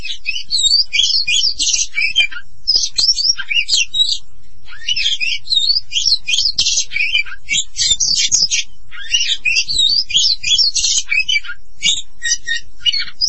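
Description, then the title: Oriental magpie-robin song: dense, energetic bursts of high chattering and whistled notes, repeated in rapid clusters with short gaps across the whole stretch. "Kacer"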